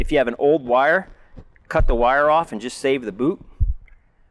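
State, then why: Seated. Someone talks while a rubber spark plug wire boot, saved from an old wire with the wire cut off, is pushed onto the spark plug terminal of a Victory motorcycle spark plug. A short, sharp click is heard at 3.9 s as the boot snaps on and seats onto the plug.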